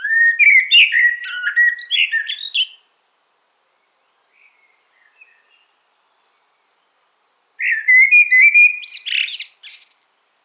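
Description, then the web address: Common blackbird song in two phrases several seconds apart, each opening with mellow whistled notes and breaking into scratchy, high-pitched twittering; faint soft notes in the pause. "SETE Turdus merula"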